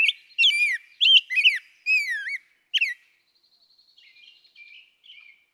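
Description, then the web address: Rose-breasted Grosbeak song, a rich run of sweet whistled, looping phrases over about three seconds, then faint softer notes trailing off. "birdsongforthecurious songs Rose-breasted Grosbeak"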